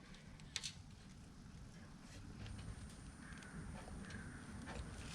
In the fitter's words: push it until you hear like a click or a lock thing push